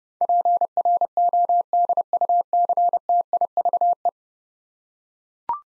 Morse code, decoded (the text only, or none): PRODUCTIVE